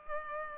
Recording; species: mosquito wingbeat signal from an infrared sensor; Culex pipiens